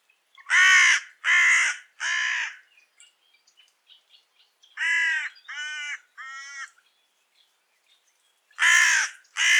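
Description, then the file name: Carrion crow calling in a burst of three hoarse caws, a quieter triple caw midway, then two more loud caws at the end. "Corvus corone"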